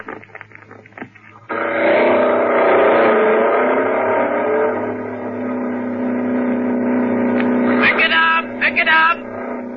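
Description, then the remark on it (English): A car engine starts low, then surges into a loud, sustained roar at about two seconds, holding a steady high rev with harmonic whine before a few sharper throttle bursts near the end, the car's motor racing about 10 feet behind Wally's car during filming of a motion picture sequence. “you're sitting tense and nervous behind the wheel of your own car, your motor racing, about 10 feet behind Wally.”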